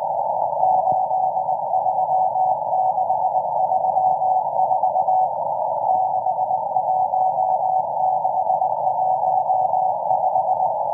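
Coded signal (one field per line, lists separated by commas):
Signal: Morse code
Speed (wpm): 19 wpm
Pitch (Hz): 750 Hz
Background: none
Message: 83634 61615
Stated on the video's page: M14 Morse number station on 17458 kHz at 09:30 UTC, an extremely long message running until 10:20 UTC.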